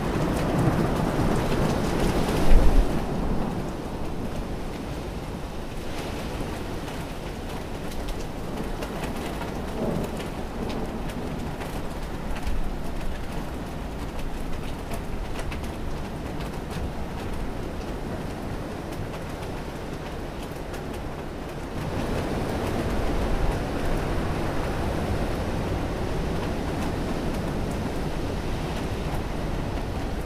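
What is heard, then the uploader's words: Heavy rain pours steadily in a dense, even hiss throughout. A deep rumble of thunder swells in the first three seconds, and a lower roll returns from about 22 seconds on, thickening the bottom of the sound before the downpour continues. Soothing Nighttime Rainstorm. Heavy rain and thunder.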